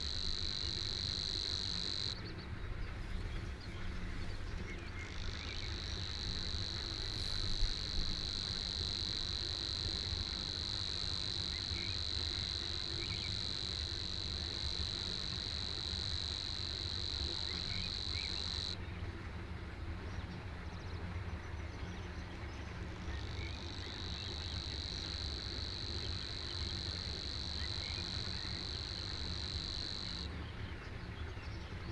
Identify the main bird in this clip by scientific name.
Locustella luscinioides